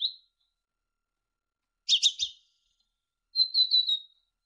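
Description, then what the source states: Great tit song: a single high note, then a harsh chattering burst, followed by a short run of repeated whistled notes. Masteran recording: a training recording for songbirds.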